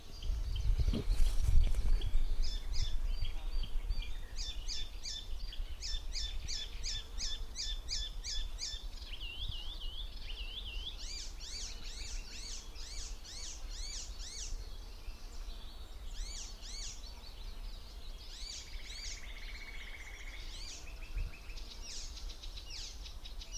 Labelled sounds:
Icterine Warbler (Hippolais icterina) song
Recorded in the wild
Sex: male
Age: adult
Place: Falkenberger Rieselfelder, Barnim, Berlin, DE
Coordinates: 52.578, 13.548
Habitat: poplar copse
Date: 1991-06-02
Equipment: Uher Report Monitor (Halbspur), Sennheiser ME 80, K 30 AV (III)
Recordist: Frommolt, Karl-Heinz

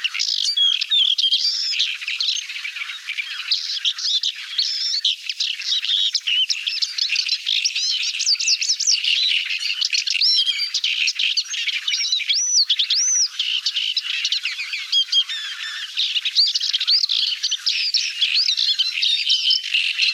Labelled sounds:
Paddyfield Warbler (Acrocephalus agricola) song
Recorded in the wild
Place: Astrachan/Kalmückensteppe, Kalmykia, RU
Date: 1993-05-27
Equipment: Dat-Recorder Casio DA 7, Telinga DAT, Telinga-Parabolspiegel
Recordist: Schwarz, Dieter

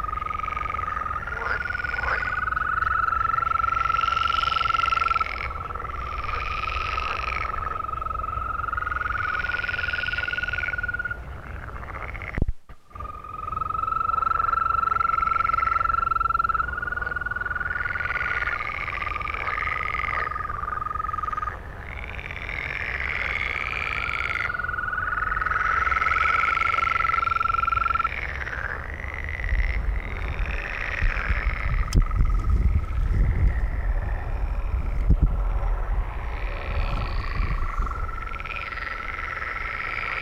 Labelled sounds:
Green Toad (Bufo viridis) call
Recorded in the wild
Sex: male
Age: adult
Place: Malchower Aue, Berlin, DE
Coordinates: 52.5817, 13.4869
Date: 1990-05-16 22:15
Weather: Temperatur: Luft - 14,5°C, Wasser - 17,5°C
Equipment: Uher 4400 Report Monitor, Sennheiser MKH 416 T
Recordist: Frommolt, Karl-Heinz

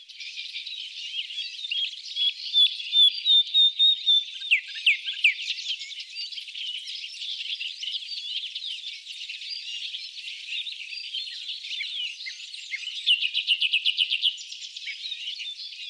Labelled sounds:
Common Nightingale (Luscinia megarhynchos) song
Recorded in the wild
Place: Chokpak Beringungsstation, KZ
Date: 2000-05-11
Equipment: MiniDisc Sharp MT 20 H
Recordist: Schwarz, Dieter

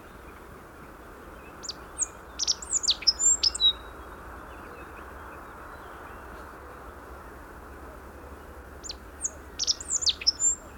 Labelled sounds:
Rock Bunting (Emberiza cia) song
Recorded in the wild
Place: Lakatnik, Sofia, BG
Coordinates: 43.053, 23.409
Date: 1974-05-17
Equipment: Nagra III BH, Sennheiser MD 21, parabola
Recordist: Schubert, Michael

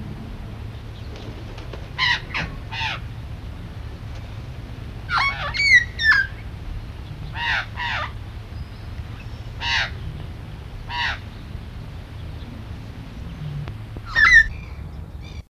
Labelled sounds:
Australian Magpie (Gymnorhina tibicen) call
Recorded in captivity
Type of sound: call
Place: Zoo Köln, Nordrhein-Westfalen, DE
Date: 1975-02-15
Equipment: Halbspur, 9,5 cm/s
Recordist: Lütgens, Hans
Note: Rufe, etwas aggressiv

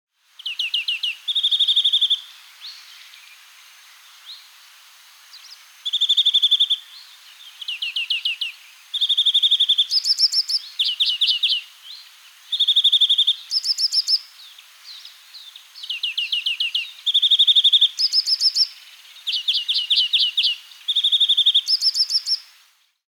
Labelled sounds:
European Greenfinch (Chloris chloris)
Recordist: Frommolt, Karl-Heinz
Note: Gesang

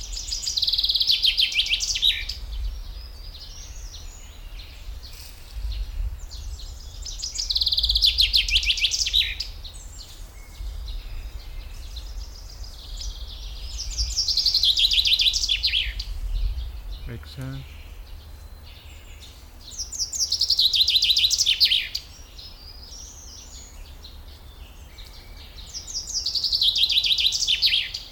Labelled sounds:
Common Chaffinch (Fringilla coelebs) song
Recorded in the wild
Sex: male
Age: adult
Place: Schloßpark Babelsberg, Brandenburg, DE
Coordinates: 52.4053, 13.0928
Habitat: oak tree
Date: 1996-06-07 16:19
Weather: sunny, 30-32°C
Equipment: Sony MD-WM MZ-R3, Sennheiser MKH 416 T, Kopie Uher 4000 Report Monitor
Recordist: Tembrock, Günter

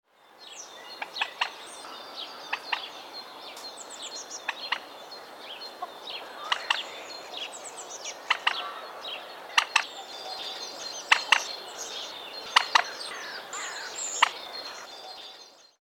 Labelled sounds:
Common Moorhen (Gallinula chloropus)
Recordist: Tembrock, Günter
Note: Folge von Kurzlauten

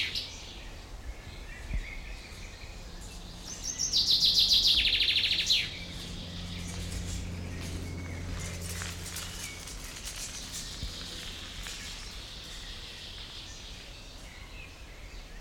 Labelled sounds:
Common Chaffinch (Fringilla coelebs)
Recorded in the wild
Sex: male
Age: adult
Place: Schloßpark Niederschönhausen, Berlin, DE
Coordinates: 52.577, 13.411
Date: 1992-05-30
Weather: sonnig, 19-23°C, böiger Wind
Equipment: Marantz CP 430, Sennheiser ME 80, K 30 AV, Kopie Tesla B 116
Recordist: Tembrock, Günter

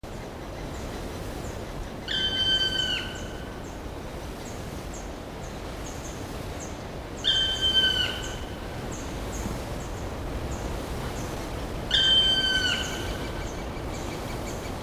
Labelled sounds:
Black Woodpecker (Dryocopus martius) call
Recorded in the wild
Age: adult
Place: Mühlenbecker Wald, Brandenburg, DE
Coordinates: 52.6833, 13.4
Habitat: forest
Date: 1988-06-04 10:42
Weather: bedeckt, 18-20°C, Wind
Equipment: Nagra SN, Kopie Tesla B 116
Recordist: Tembrock, Günter

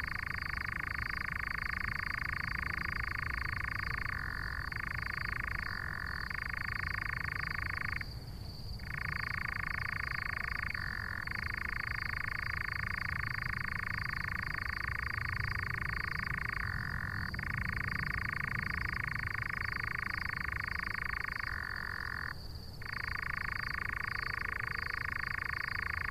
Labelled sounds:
Eurasian Nightjar (Caprimulgus europaeus)
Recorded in the wild
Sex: male
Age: adult
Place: Schönow, Naturpark Barnim, Brandenburg, DE
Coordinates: 52.6947, 13.5039
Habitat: heather
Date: 2013-06-08 23:13
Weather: clear, windless, 20°C
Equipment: Sound Devices 702, Sennheiser MKH 70, Rycote Windschutz
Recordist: Frommolt, Karl-Heinz

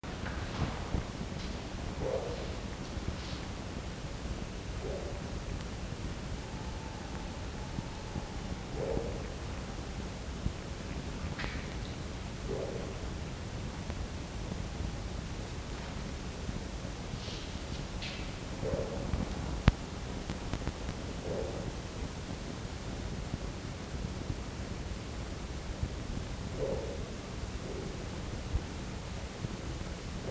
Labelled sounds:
Red Fox (Vulpes vulpes)
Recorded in captivity
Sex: female
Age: adult
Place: Zoologisches Institut der HUB, Berlin, DE
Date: 1952-12-23 16:20
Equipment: Elmetra
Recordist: Tembrock, Günter
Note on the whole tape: Fiffi: geschlossenes Bellen (Blick auf Herrn Stöcker)

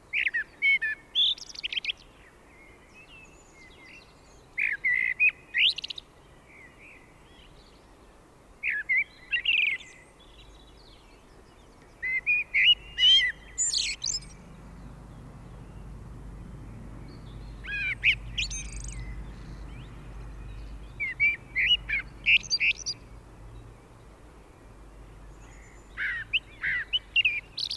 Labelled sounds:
Common Blackbird (Turdus merula) song
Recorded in the wild
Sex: male
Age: adult
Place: Garmisch-Partenkirchen, Bayern, DE
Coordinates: 47.4917, 11.0794
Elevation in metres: 703
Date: 1967-03-25
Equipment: Nagra
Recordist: Tretzel, Erwin

